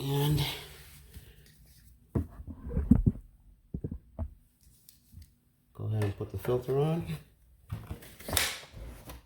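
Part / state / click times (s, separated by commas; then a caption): plinth filter into tumble dryer base compartment / seated / 8.4 s. A plastic plinth filter is pushed onto its holder in the base compartment of a Miele T1 tumble dryer, with light handling clicks and rattles between about 2 and 5 seconds while someone talks. A sharp snap at 8.4 seconds marks the filter locking into place, seated.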